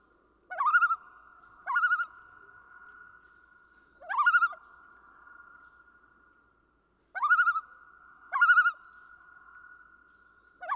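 Common loon repeating quavering tremolo calls, five brief laughing bursts at uneven intervals and another starting at the very end, each a fast wobbling note, with a thin sustained tone hanging between bursts.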